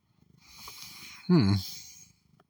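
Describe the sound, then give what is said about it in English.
A cat purrs in a soft, low, steady rumble for about two seconds, swelling once midway into a brief louder, throaty burst before settling back down. “I love this cat, don't you? You know what that cat's doing?”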